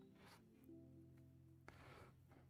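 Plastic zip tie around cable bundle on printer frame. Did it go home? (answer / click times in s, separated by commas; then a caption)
no / none. A plastic zip tie is pulled tight around a cable bundle on a printer frame, with rubbing and rasping plastic sounds over steady tonal music and a brief sharp sound near 1.7 s. No zip tie click is heard; it misses its usual ratchet click, yet it holds and will not come off.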